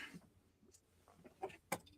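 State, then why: Partly seated. A plastic model kit part is pressed onto its mating peg on the model, with faint handling rustles before a sharp plastic snap at 1.7 s. The piece snaps in but is not fully seated and sits a little off.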